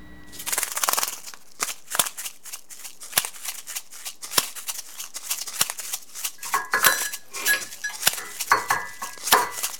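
Coffee-making noises arranged into a rhythmic sequence: sharp clicks, metallic clinks and scraping, with brief ringing tones creeping in toward the end. No one speaks.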